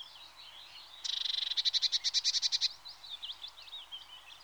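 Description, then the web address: Eurasian blue tit: one long churr that starts as a buzzy rattle and turns into distinct rapid pulses, with quieter whistled twitters before and after. "BBC Sound Effects Library. Blue TIT (Parus Caeruleus)"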